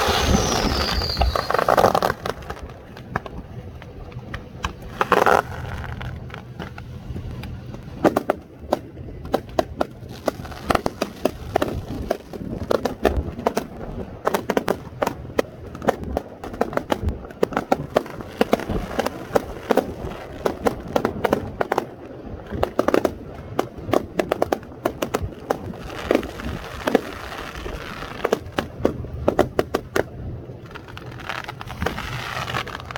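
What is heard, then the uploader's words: A fireworks show plays out as a dense, continuous barrage of sharp cracks and pops, many overlapping with no quiet gaps. A low rumble runs underneath throughout, and a brief bright whistle rises near the two-second mark, with another burst standing out around five seconds. New Year's Eve. Wasilla AK Fireworks. Shot with my Samsung Galaxy S20+. Fireworks Show in Wasilla, AK.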